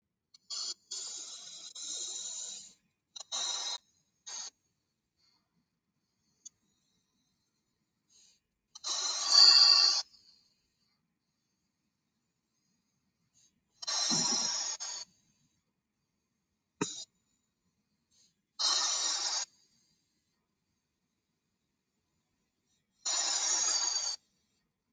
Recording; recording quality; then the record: deep breathing; excellent, no background noise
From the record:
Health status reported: exposed to COVID-19, no respiratory illness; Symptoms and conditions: none ticked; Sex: male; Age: 37 years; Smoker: not ticked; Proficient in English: yes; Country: India